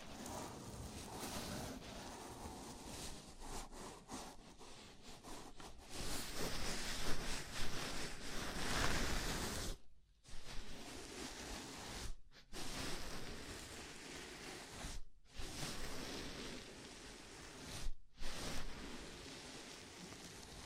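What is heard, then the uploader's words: A scalp massage: fingers rub through hair in a dense, continuous scratchy rustle that swells louder and brighter around the middle. The rubbing stops briefly four times, near 10, 12, 15 and 18 seconds, then resumes. ASMR Sleepy Scalp Massage (No Talking).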